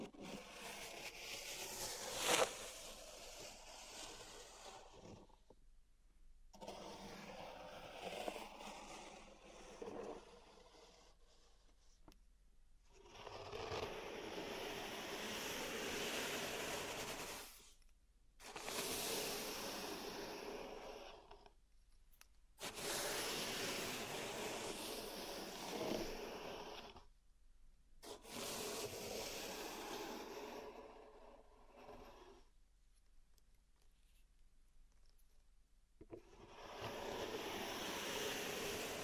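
Gritty scraping and rubbing through pink salt in a zen garden, coming in stretches of several seconds separated by brief full silences. The texture is dense and hissy, with an occasional sharper tap, notably near the start.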